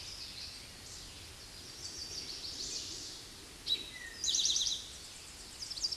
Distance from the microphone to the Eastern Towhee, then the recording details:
about 15 m. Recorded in a Pennsylvania forest on 16 May 2024 at 09:20. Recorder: AudioMoth, point MSD-0788. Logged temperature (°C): 16.6 °C. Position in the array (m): 80 m, 12 m